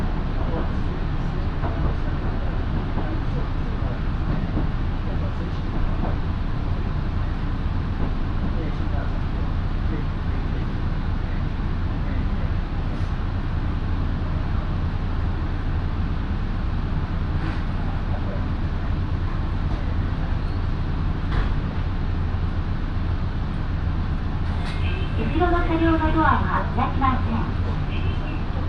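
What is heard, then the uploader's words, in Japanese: A local train on the Minobu Line, running from Minobu toward Ichikawadaimon. A steady, heavy low rumble holds at an even level throughout, with faint voices and light clicks scattered over it. Around 25 seconds a brief tonal whine rises and wavers. 耳で楽しむ鉄道旅 身延線普通 身延→市川大門。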